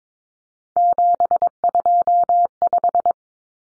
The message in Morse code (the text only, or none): 725